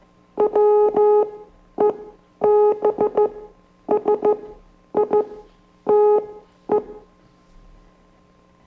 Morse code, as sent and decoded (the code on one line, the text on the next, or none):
.-- . -... ... .. - .
WEBSITE